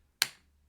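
A plastic battery pack is slid one-handed onto the back of a Baofeng UV-5R handheld two-way radio and latches with one sharp, bright click at 0.2 s, which rings off over about two tenths of a second above a faint low hum. The pack is seated and is still a very snug fit.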